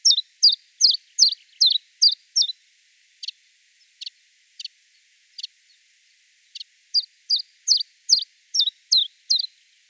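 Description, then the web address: Common chiffchaff song: a run of bright, sharp two-pitched notes repeated steadily, broken by a few thinner, softer notes before the lively chiff-chaff pattern resumes. Song recorded in Wiesloch. "Wiesloch. Zilpzalp Gesang"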